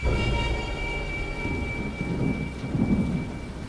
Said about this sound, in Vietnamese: Tiếng sấm động vang vọng khiến cụ Đồng cùng những người khác giật mình đưa mắt nhìn nhau